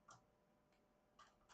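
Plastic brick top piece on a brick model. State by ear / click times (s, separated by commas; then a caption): not seated / none. A plastic top piece is set onto a LEGO UCS Millennium Falcon brick model, giving only faint, light ticks and scrapes around 0.1, 0.7, 1.2 and 1.5 seconds over a quiet background. The piece just rests on the build without locking in, and nothing has seated or clicked yet.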